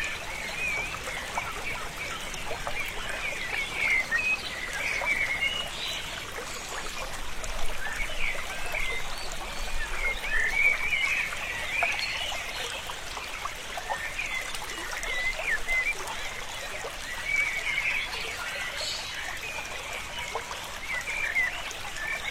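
A mountain spring trickles steadily through the whole stretch, a dense, bright babble of small splashes that never pauses. Scattered thin chirps from insects and birds ride above the water, rising and falling slightly in loudness around the middle.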